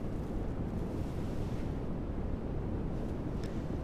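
A steady, soft whooshing hiss, like breath blowing or a rush of air, continues evenly for a few seconds with no pauses or voices, simulating a blowing tinnitus sound.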